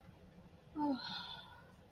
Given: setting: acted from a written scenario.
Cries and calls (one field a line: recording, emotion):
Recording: vocal sound without words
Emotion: embarrassment